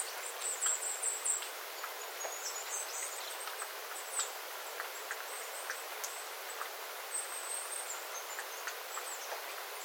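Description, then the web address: Small birds giving thin, very high contact calls in quick clusters, busiest in the first seconds, with scattered sharp drips of water throughout. Small flock of small birds calling on 9 September 2025 after rain, with water dripping from the eaves. "paivat 9 9 2025 pikkulintuparven aantelya vesi tippuu raystaalta sateen jalkeen"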